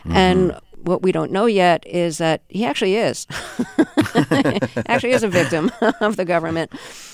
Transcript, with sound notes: And what we don't know yet is that he actually is. (LAUGHTER) Actually is a victim of the government.